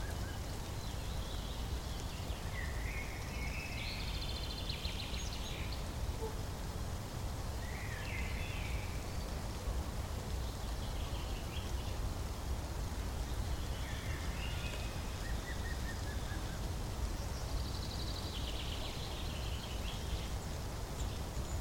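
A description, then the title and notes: Birds sing through a steady forest ambience, their short chirps and trills rising above a constant low rush. The calls come every few seconds, bright and thin, clustering around 3–5 and 17–19 seconds, while the rumbling wash underneath never changes in level. Forest Ambience Sounds. Listen to the birds sing.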